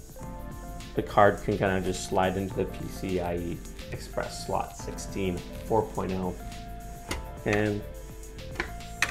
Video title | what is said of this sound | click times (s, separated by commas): How To Install A GeForce RTX 3060 MSI Gaming X: Make Your Old PC Feel Brand New! | like that you hear a little click and you press down on it and secure into place | 8.6 s, 9.0 s